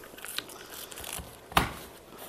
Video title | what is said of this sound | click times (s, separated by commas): Arm's reach - Patut Co-Sleeper | pull up on the middle arm till you hear there's two clicks because there's two buttons in there | 0.4 s, 1.6 s